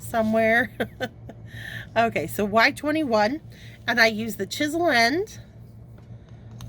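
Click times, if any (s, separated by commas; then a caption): 6.6 s. A Copic marker, Y21, is pushed chisel end first into a plastic airbrush adapter, lined up with the nozzle, while a woman talks. After her speech ends, faint handling noises at about 6.0 and 6.3 seconds lead to a sharp click at 6.6 seconds as the marker seats in the holder.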